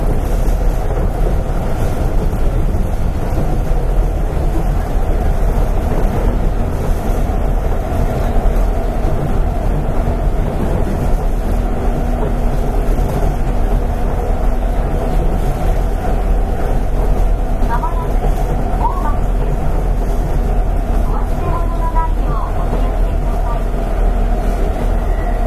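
An Astram Line 6000 train runs steadily, a dense low rumble and roar that holds even in loudness for the whole stretch. A faint steady hum sits in the lower middle, and brief thin squeaks or chirps appear around 17 to 23 seconds.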